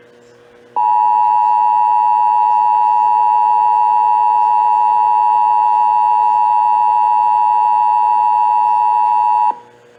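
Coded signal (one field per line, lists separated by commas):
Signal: Emergency Alert System (SAME) tones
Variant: 853 and 960 Hz attention tone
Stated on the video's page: Texas required monthly test carried on AM, FM and TV broadcast stations.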